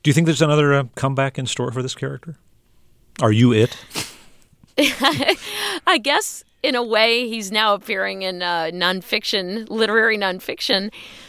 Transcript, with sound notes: Do you think there's another comeback in store for this character? Are you it?
[SOUNDBITE OF LAUGHTER] I guess, in a way, he's now appearing in nonfiction, literary nonfiction.